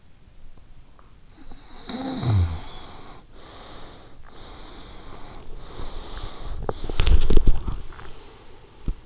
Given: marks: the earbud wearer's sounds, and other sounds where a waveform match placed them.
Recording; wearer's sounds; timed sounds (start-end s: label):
sounds in sleep by an in-ear microphone; snoring breath, breath, teeth grinding, swallowing
1.33-4.34 s: snoring breath
4.40-6.50 s: breath
5.94-9.06 s: teeth grinding
7.47-8.91 s: swallowing